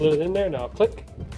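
Someone talks while music plays as the plastic adapter of a rear wiper blade is handled and slid up into the J-hook of the wiper arm. The clip ends before the blade goes home, so nothing has seated or clicked yet.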